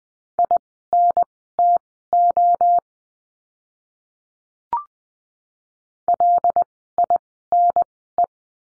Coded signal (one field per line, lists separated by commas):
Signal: Morse code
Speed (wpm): 20 wpm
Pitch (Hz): 700 Hz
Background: none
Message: INTO LINE